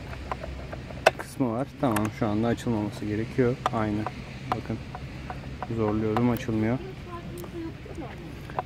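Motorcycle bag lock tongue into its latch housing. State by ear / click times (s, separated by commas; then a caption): not seated / none. A plastic lock tongue on a cheap Cox motorcycle bag is handled at its latch housing after being pulled to show it does not open, with a sharp plastic tap near 1.1 s and small clicks near 7.4 s and 8.6 s. Someone talks over the handling. The tongue has not yet gone home, and nothing has seated or clicked into the latch yet.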